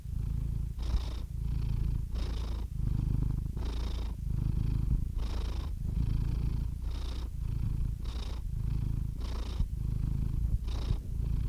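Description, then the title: Domestic cat purring steadily, a rumbling drone broken into regular breath-linked pulses with light breathy noise on top. Compilation of domestic cats, from kittens to old cats. "Compilation of Cat Meows #CatMeows #CuteKittens"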